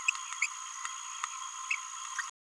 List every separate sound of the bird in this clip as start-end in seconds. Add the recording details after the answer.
0.42-0.46, 1.71-1.75. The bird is a male. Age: 27 days. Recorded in a nest box in Venezuela. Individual 17B31A2